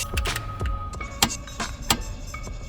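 A preset click-type torque wrench set to 55 lb tightens a ball joint bolt while installing the lower control arm on a 2006 Toyota Camry 3.3L. Short metallic ticks and knocks sound over a faint steady hum, with a sharp transient near 1.2 s. The wrench gives its click at 1.9 s, confirming the bolt reached the set torque.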